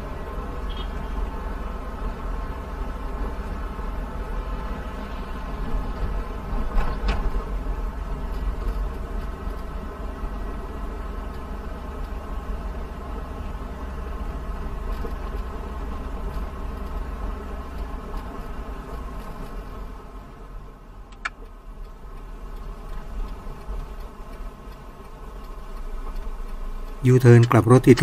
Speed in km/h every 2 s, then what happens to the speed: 32, 31, 30, 29, 30, 29, 31, 31, 30, 30, 25, 19, 13, 9.
0-18 steady at about 30. 18-28 slows to 9.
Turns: none.